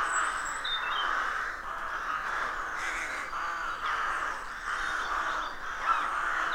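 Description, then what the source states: Harsh, grating rook caws pile up in a steady din from a crowded colony, while a small bird's high whistles come through briefly. Rook colony of more than 300 birds nesting in a dozen roadside trees, rural County Armagh, early spring; pairs greeting and squabbling with neighbours as first chicks hatch.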